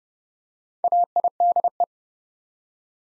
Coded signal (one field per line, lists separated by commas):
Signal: Morse code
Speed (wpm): 30 wpm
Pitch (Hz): 700 Hz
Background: none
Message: AIDE